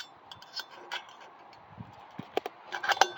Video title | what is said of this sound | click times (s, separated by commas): American Retro 15 inch steering wheel installation 1964 Impala | But anyway, just snaps right in just like it should. | 3.0 s